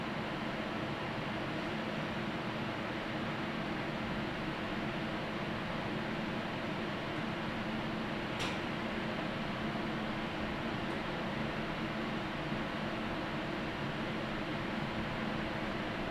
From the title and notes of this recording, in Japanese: 御殿場線 山北→御殿場。やってくるのは2両とか3両の短い編成です。